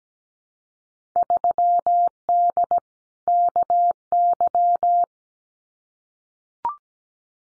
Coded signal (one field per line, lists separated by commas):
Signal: Morse code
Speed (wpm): 17 wpm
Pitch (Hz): 700 Hz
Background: none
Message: 3D KY